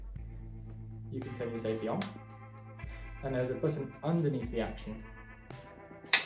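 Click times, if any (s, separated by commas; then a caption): 6.1 s. Someone talks over background music while pressing the action release button underneath the action of a Beretta AL391 Urika semi-automatic shotgun. A sharp click at 6.1 s marks the button releasing the action, so it is unlocked.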